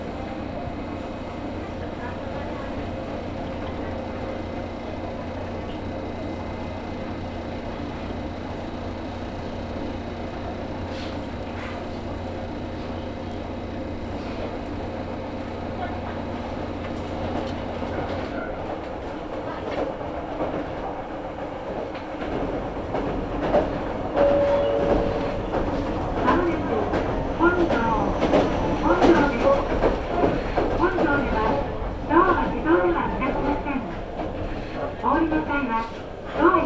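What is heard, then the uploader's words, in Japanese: Inside a train on a Japanese line, a steady low rumble and hum hold for the first eighteen seconds, then the tone drops away. From about twenty-two seconds the cabin grows busier and louder, with passengers talking over rattling and a brief chime near twenty-four seconds. 鹿児島本線・筑豊本線 九州工大前→折尾→本城。北九州市内の工業地帯を行くので貨物用の側線が多く並んでいて。かつてはテーマパークとして栄えたスペースワールド駅で特急を待避し折尾駅に到着します。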